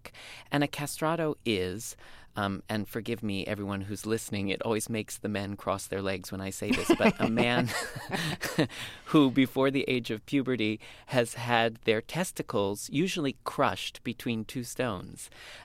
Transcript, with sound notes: And a castrato is - and forgive me, everyone who's listening, it always makes the men cross their legs when I say this, but a man...
(LAUGHTER)
...Who, before the age of puberty, has had their testicles usually crushed between two stones.